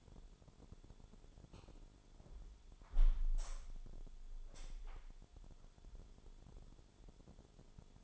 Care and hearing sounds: daily activity, microphone in the room; close window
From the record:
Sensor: 5

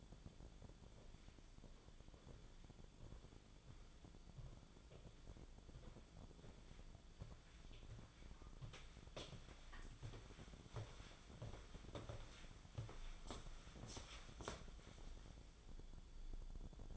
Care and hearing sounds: daily activity, microphone in the room; walk to room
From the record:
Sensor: 5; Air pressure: 1010.2 hPa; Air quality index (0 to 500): 141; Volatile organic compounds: 3 ppm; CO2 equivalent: 1383 ppm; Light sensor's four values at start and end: 276/688/289/315 and 280/674/290/322

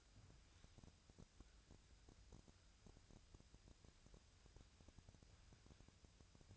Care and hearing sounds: daily activity, microphone in the room; wipe stove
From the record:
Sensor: 2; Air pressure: 1001.5 hPa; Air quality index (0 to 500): 227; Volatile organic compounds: 25 ppm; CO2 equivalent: 2848 ppm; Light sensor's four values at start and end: 7/26/10/9 and 7/26/10/9

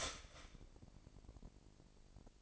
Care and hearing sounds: daily activity, microphone in the room; start toaster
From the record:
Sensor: 5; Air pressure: 1007.2 hPa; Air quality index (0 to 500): 130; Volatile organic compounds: 2 ppm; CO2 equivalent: 983 ppm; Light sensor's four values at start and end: 25/57/23/23 and 25/57/23/23

